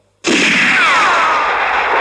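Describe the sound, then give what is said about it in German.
Pistol gunfire erupts abruptly after a brief silence, a harsh, loud burst that stays sustained to the end, with a whining tone sliding downward through it. No one speaks. In the film Django, Django fires his pistol without the trigger, rapidly hacking the hammer down with a bleeding hand, and hits Jackson. “Django kann den Abzug seiner Pistole nicht mehr nutzen.”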